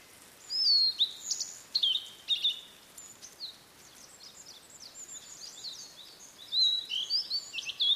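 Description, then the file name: Blue-and-white flycatcher with rapid high whistled phrases and squeaky twitters, two bursts a few seconds apart. "oruri"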